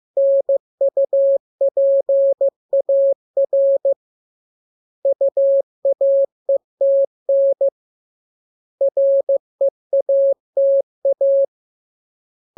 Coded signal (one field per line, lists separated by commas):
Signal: Morse code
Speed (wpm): 15 wpm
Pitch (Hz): 550 Hz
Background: none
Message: NUPAR UAETN REATA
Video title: Learning Morse Code. Lesson 9. Letter KMURESNAPT